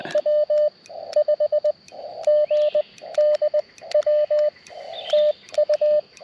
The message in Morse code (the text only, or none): W5GDW TU